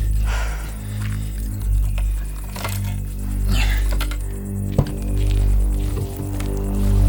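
A few short, bright metallic jingles of car keys come in irregular bursts over a steady, loud low electrical hum that runs through the whole stretch.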